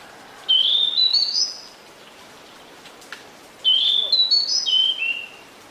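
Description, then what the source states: Pied Bushchat song: two phrases of sweet whistled notes climbing in steps, the second then falling, about three seconds apart, with a faint click between. Decu song used to fix a captive bird that has stopped singing; a territorial, fighting-type bird.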